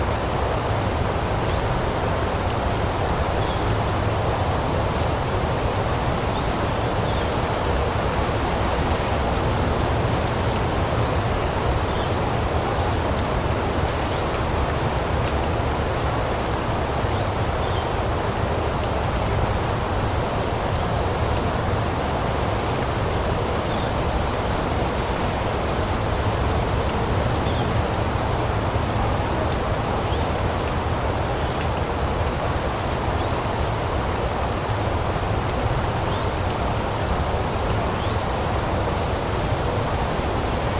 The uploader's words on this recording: The wind blowing through the trees on a windy day at the park. This episode features only natural soundscapes with no dialogue or voice.